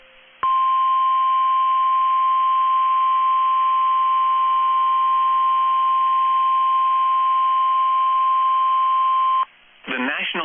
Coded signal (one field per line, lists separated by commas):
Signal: Emergency Alert System (SAME) tones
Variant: 1050 Hz attention tone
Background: speech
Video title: Tornado warning in my hometown EAS#135